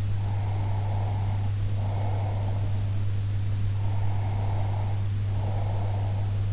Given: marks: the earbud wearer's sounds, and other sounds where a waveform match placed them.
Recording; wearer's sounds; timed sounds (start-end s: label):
sounds in sleep by an in-ear microphone; breath
0.22-2.90 s: breath
3.82-6.31 s: breath